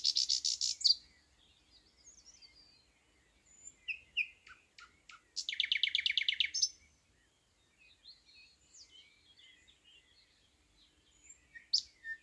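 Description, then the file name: Thrush nightingale song: rapid hard rattling bursts, one at the start and a longer one midway, separated by softer clicks and whistled notes. "thrush nightingale - luscinia luscinia"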